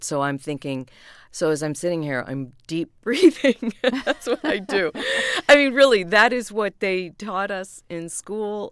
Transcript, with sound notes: So I'm thinking - so as I'm sitting here, I'm deep breathing (laughter). That's what I do. I mean, really, that is what they taught us in school.